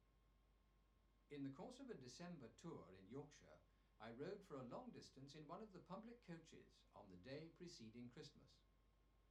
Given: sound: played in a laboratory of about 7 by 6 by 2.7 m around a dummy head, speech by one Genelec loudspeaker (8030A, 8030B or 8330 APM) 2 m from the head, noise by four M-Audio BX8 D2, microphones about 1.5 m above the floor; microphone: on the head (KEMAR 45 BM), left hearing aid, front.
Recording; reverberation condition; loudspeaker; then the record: male speech in English; low; behind (180 degrees)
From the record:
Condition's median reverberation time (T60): about 310 ms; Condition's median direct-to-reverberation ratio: about 3.5 dB